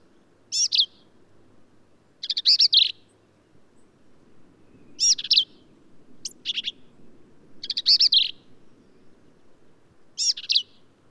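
Black-capped vireo repeating short, harsh, slurred phrases roughly every one to two seconds, each a little different from the last.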